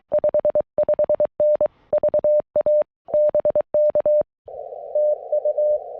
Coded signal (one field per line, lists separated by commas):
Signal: Morse code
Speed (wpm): 22 wpm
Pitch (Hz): 590 Hz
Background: none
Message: 55N VA BK TU